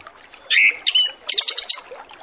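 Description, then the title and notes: Orange-headed Thrush song fragment: a brief whistled slur followed by a quick run of sharp, chattering high notes against background hiss. Master lure recording with full filler phrases, used to prompt Orange-headed Thrushes to start singing quickly. "Masteran Anis Kembang Full Isian Untuk Suara Pancingan Anis Kembang Agar Cepat Ngeplong. Suara Burung Anis Kembang"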